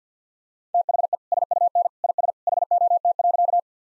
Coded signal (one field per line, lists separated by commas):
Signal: Morse code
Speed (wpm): 50 wpm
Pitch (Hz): 700 Hz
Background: none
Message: THE SUN IS HOT.